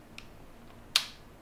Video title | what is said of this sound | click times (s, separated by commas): OverclockZone TV EP.278 : แกะกล่อง ASUS Transformer Book (HD) | อย่างงี้อ่าเรียบร้อยมีเสียงแก๊กก็คือเป็นอันว่าใช้ได้ | 1.0 s